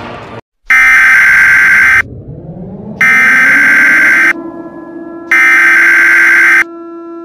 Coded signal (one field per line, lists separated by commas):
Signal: Emergency Alert System (SAME) tones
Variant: header bursts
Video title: Bloody Angel: A Mini EAS Scenario